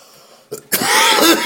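After a brief quiet moment, a small throaty catch leads into a single loud, harsh, noisy adult cough that carries to the end. It sounds like a plain cough, closer to a forceful throat-clearing burst than a wet, rattling one.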